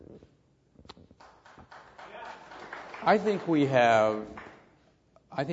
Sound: applause